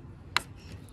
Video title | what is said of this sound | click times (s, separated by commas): Review of Lever action Daisy BB gun | pull it upwards and then you will hear that click | 0.4 s